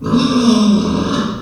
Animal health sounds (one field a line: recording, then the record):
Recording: squeal of a Yucatan mini pig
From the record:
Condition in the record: after surgery on the right vocal fold (resection and tissue-engineered implant)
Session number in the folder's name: 12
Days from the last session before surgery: 105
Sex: female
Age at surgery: 19 weeks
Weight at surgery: 25 kg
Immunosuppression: prednisolone